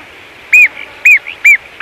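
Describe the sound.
Great gerbil giving sharp arched whistled squeaks, about two per second, with a softer note between them.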